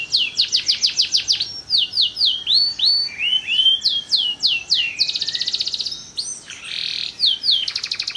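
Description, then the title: Canary song: quick repeated sweeping notes, curved whistled slurs, then a dense buzzy rattling trill and another burst of rapid notes, high-pitched and unbroken. Long-singing canary of the kalitan type, in full song. "Kenari Kalitan Gacor Suara Panjang"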